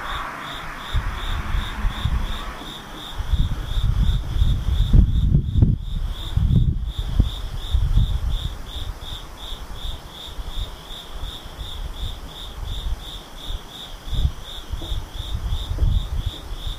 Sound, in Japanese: ムシ